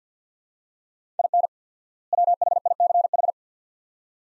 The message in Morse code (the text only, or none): IN WHICH